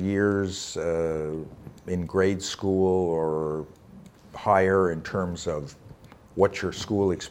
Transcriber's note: none